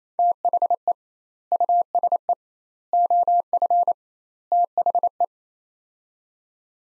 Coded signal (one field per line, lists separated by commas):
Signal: Morse code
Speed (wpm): 28 wpm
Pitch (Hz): 700 Hz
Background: none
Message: THE USE OF THE